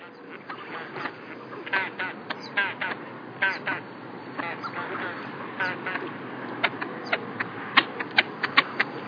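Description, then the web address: Great crested grebe calls, a series of short harsh notes and chattering bursts, irregular at first then sharper clicks toward the end. "Toppet-lappedykker"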